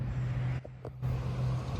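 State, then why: Seated. A Supercharger cable connector is plugged into a Tesla's charge port over a steady low, vehicle-like hum that dips briefly around the plug-in. Two quick sharp clicks sound at 0.7 s and 0.9 s as the connector seats in the port.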